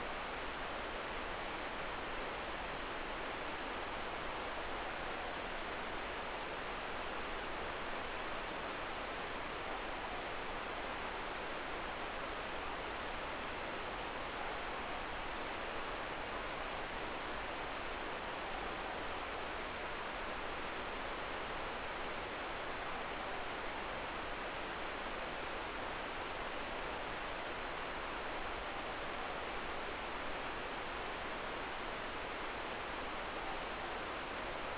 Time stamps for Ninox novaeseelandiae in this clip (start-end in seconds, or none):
33.32-34.08